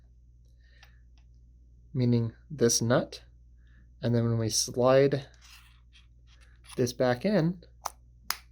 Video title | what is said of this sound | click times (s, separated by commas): mPulse Permanent Jewelry Training (Tips & Tricks) | and it clicks into place that's going to be sticking out appropriately for every single time | 8.3 s